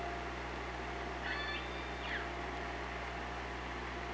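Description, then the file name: Killer whale call, a faint harmonic call lasting about a second with a brief bent tone near its end, against constant low hydrophone hum. Recorded on an OrcaLab hydrophone, 24 August 2017 at 18:40. "Orca Lab UTLN JASON 20170824 184012"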